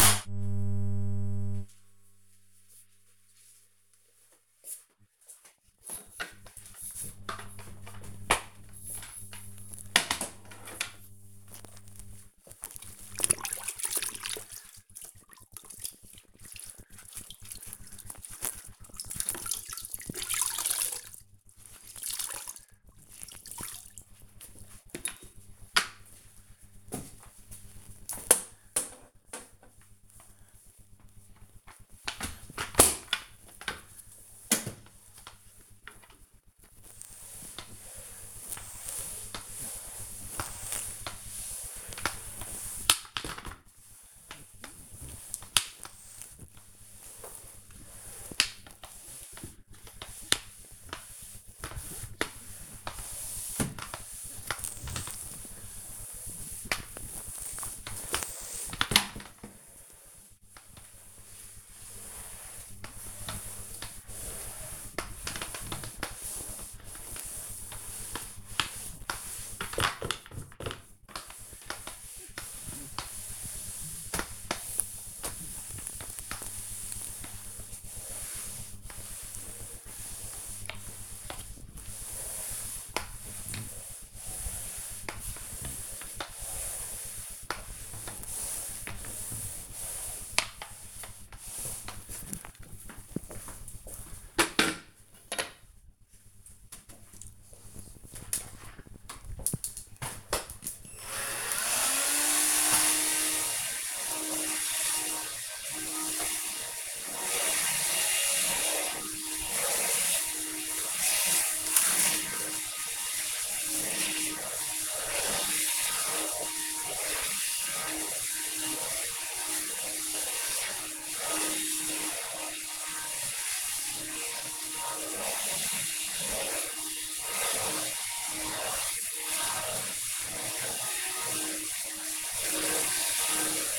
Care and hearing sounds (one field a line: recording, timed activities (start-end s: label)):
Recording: household activities, microphone on the right wrist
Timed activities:
6.44-92.98 s: floor cleaning
98.01-133.79 s: vacuum cleaning